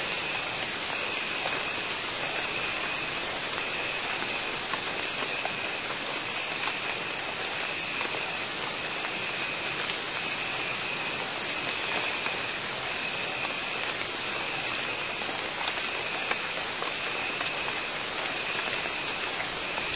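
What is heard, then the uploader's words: Steady jungle drizzle forms a dense, even hiss of fine raindrops on foliage, with scattered soft taps and a faint high whine throughout. Soothing Jungle Rain Drizzle. The gentle rhythms of raindrops falling amidst the dense foliage. The light rain drizzle delicately kisses the leaves.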